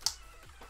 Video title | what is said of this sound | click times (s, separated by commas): Bestorx case that charges your Switch! [Tech Review] | you hear that it's kind of quiet but it has a nice little snap to it | 0.1 s